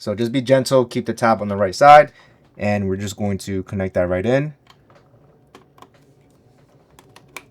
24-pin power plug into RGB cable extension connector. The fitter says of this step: Going to hear a nice little click.